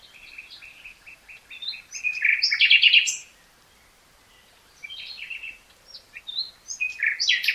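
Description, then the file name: Common nightingale singing a run of repeated notes building into a loud rattling trill, a pause, then more varied chirping phrases. "Luscinia megarhynchos"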